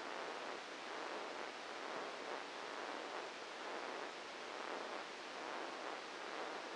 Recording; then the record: brain microelectrode recording played as sound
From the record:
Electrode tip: inside the subthalamic nucleus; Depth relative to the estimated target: 0 mm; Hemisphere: left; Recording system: NeuroSet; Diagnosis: Parkinson's disease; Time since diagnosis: 8 years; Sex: male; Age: 59 years